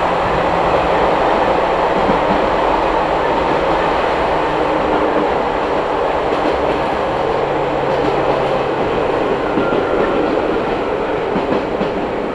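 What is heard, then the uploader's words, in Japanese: A train on the Daiyuzan Line rolls steadily between stations, a dense, even rumble with faint tonal whines and brief rattles throughout. 伊豆箱根鉄道 大雄山線 大雄山→穴部。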